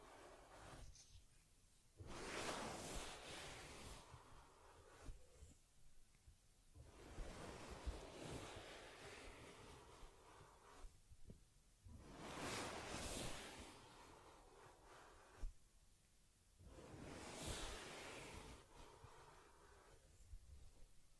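Soft brushing and rustling on a teddy's fur come in slow, swelling strokes about every five seconds, with quiet pauses and faint taps between.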